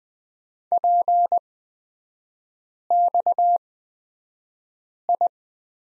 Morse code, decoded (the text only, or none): PXI